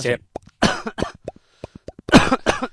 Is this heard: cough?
yes